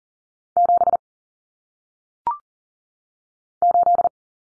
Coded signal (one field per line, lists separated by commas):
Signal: Morse code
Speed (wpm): 38 wpm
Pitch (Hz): 700 Hz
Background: none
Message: 7 8